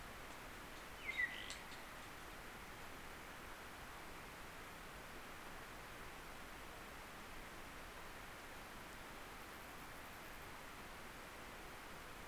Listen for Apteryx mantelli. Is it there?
no